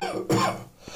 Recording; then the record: coughing mixed with background sound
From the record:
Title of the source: Cough Around the Clock!